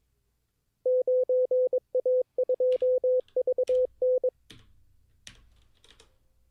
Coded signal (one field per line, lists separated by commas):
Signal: Morse code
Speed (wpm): 22 wpm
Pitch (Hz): 510 Hz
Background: none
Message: 9A2VN